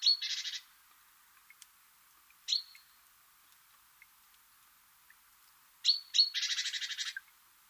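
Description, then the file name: Great tit calling: a high note pair with a brief buzzy churr, a lone thin note, then a longer phrase whose harsh churr rattles on for about a second. "Parus major"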